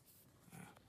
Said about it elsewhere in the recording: That's not a cat, that's the baby. I think he's congested and it sounds like he's purring. It's snoring.